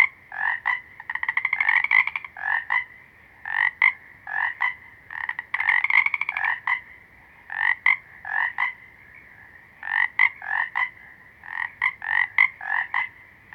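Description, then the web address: Frogs calling with repeated double croaks and occasional rapid rattling trills. Several small green frogs. "Natures Songs Nature Sounds Sounds of Nature Collection Small Green Froggies"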